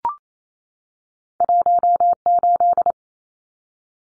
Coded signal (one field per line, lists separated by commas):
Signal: Morse code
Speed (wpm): 28 wpm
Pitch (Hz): 700 Hz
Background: none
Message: 18